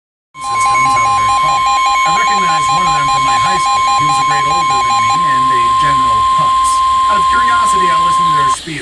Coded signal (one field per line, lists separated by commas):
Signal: Emergency Alert System (SAME) tones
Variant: 1050 Hz attention tone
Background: speech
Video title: Storms for Minutes. (EAS#356-367)